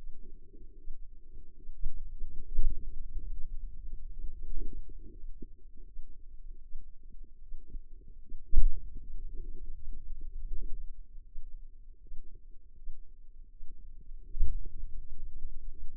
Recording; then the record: forearm muscle sounds (acoustic myography)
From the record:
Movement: finger pinch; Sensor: system 2, bracelet of six BSWA MPA416 microphones around the upper forearm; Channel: 1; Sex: female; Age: 25 years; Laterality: right